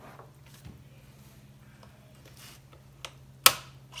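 A snap-in throttle linkage connector on the carburetor of a Stihl 025 chainsaw is pried up to disconnect it, over a low steady hum with faint ticks and a small tick at 3.0 s. It comes off with one sharp, loud snap at 3.5 s, and the throttle linkage is released.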